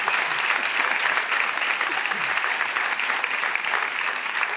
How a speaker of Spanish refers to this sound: Y vamos a extender el aplauso para saludar a Patricio Barton. Hola, amigo, buenas noches. Asimismo, solicito una ovación para Jorge Dorio.